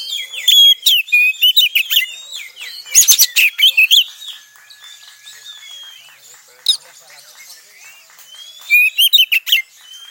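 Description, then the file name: Oriental Magpie-Robin song with fast clusters of shrill whistles and scratchy trills, then a quieter stretch of soft warbling before loud bursts return. Song in the tretes style, used to restore the mood of other songbirds. "Suara Kacer Tretes Pulihkan Mental Burung Kicauan Lainnya"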